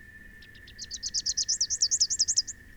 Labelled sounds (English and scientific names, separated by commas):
Rufous-capped Warbler (Basileuterus rufifrons) song